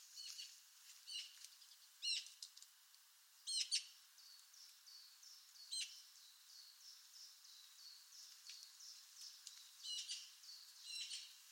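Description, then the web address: Bird calls: bright, high chirps repeated at irregular intervals, with a steady run of softer, high, descending notes behind. Labelled with the sound class "Pi Pi Pi Pi". "Bird Only More Classes Pi Pi Pi Pi"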